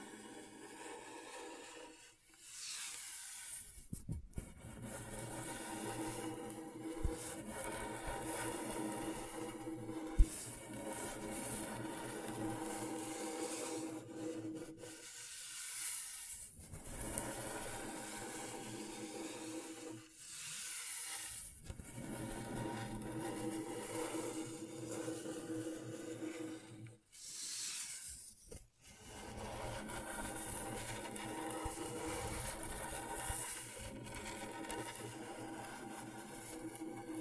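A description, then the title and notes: Scratchboard being worked: a dense, gritty scraping that runs in long strokes with bright hiss up top. Brief pauses break it near 3, 15, 20 and 27 seconds, and a few sharp clicks or taps cut through around 10 seconds. ASMR Brain Tingling Scratchboard (No Talking).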